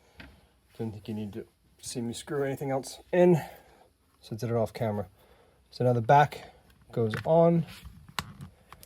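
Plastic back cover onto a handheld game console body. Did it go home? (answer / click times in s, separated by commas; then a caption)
yes / 8.2 s. Someone talks while the plastic back cover of a Nintendo Switch handheld console is pressed onto the chassis during reassembly after a headphone jack repair. A few small taps lead into a sharp snap at 8.2 s as the cover seats in place, followed by light clicks.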